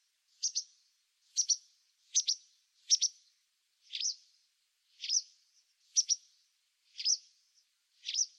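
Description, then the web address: White wagtail calls: sharp, high two-note chips, 'chiz-zick', repeated about once a second, with a few slurred single notes in between. The background is quiet. "cianscape birddata Deverinetal 2025"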